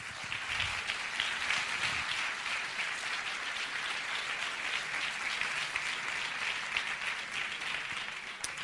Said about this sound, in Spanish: A vosotros, gracias. Un aplauso a todos vosotros.